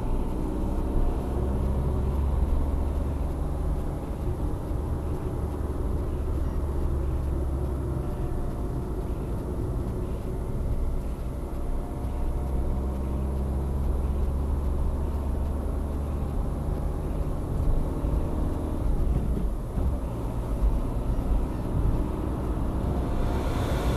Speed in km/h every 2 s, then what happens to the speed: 47, 56, 58, 52, 50, 48, 48, 57, 59, 60, 63, 69.
0-3 speeds up to 58. 3-7 slows to 50. 7-12 steady at about 48. 12-24 speeds up to 69.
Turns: none.